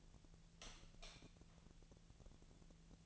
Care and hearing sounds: daily activity, microphone in the room; light off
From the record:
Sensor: 4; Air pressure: 1000.9 hPa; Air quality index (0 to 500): 126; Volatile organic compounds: 1 ppm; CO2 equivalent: 949 ppm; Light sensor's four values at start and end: 39/98/40/45 and 37/88/37/40

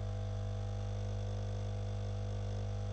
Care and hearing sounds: daily activity, microphone in the room; make coffee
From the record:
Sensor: 4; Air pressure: 995.4 hPa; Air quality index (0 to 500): 214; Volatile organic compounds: 243 ppm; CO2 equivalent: 4341 ppm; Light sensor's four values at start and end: 26/82/31/33 and 26/81/31/33

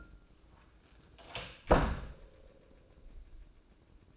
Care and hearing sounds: daily activity, microphone in the room; close door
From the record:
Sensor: 2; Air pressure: 1012.2 hPa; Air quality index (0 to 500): 160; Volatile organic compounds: 2 ppm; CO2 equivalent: 1170 ppm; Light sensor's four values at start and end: 432/1079/440/464 and 432/1079/440/464

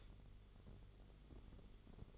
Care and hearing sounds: daily activity, microphone in the room; light off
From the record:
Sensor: 4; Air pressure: 1008.6 hPa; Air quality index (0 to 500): 98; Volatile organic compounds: 1 ppm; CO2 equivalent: 736 ppm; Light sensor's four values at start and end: 13/30/12/12 and 13/30/12/12

